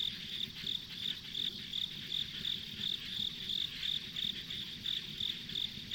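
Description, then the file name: Rhythmic high insect chirps repeating about three times a second over a droning insect buzz and quiet low rumble. Ambient insect sounds on a rural country road. "田舎道の虫の環境音"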